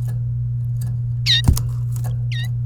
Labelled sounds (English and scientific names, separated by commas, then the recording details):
Domestic Canary (Serinus canaria) song
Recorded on 29 April 2018 at 11:47
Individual llb3